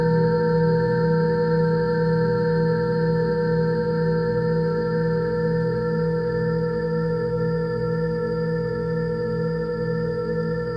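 A singing bowl rings with a steady, sustained tone that holds for the full eleven seconds at an even loudness. Layered bright overtones hum above a warm low drone, with a gentle slow pulsing wobble in the lower tones. Nothing else intrudes.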